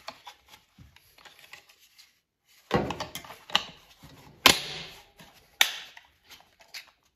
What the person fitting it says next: les clips sont bien emboîtés.